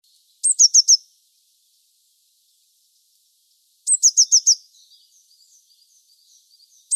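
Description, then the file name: Eurasian blue tit song: two phrases of a high opening note and a quick run of lower tinkling notes, followed by soft faint twitters and the start of another phrase. "Cyanistes caeruleus"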